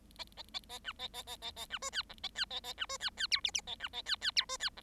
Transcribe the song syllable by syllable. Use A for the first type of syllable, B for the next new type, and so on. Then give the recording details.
A A A A B A A A A A B C D E A D A A B C D D F G G A B A D D F C D E. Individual Bird7